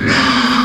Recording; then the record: squeal of a Yucatan mini pig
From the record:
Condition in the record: after surgery on the right vocal fold (resection and tissue-engineered implant); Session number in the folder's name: 14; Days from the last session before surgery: 133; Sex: female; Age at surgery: 19 weeks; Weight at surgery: 25 kg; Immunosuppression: prednisolone